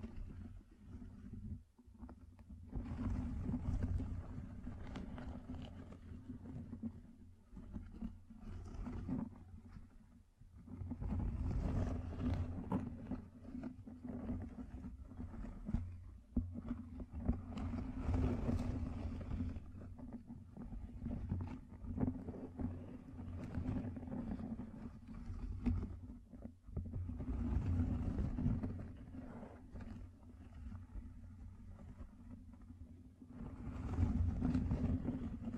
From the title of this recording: Gem Covered Fingertips Tapping and Scratching